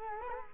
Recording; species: mosquito wingbeat signal from an infrared sensor; Culex quinquefasciatus